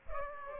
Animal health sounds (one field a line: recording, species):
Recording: mosquito wingbeat signal from an infrared sensor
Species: Culex pipiens